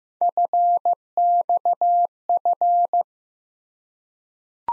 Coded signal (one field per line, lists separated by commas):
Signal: Morse code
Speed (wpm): 15 wpm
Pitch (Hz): 700 Hz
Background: none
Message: FXF